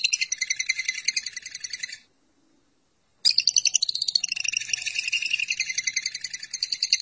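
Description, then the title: Lovebird song, rapid high squeaky chatter for two seconds, a pause, then a longer run of shrill, fast, pulsing trills. "BM Suara Burung Lovebird"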